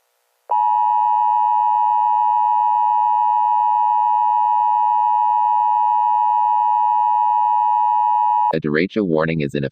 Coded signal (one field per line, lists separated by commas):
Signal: Emergency Alert System (SAME) tones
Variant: 853 and 960 Hz attention tone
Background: speech